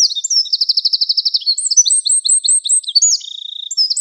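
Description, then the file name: Eurasian wren song: a fast, loud, high-pitched trill of evenly repeated notes runs into shrill twittering phrases and another rattling trill, all in quick succession. "krapivnik"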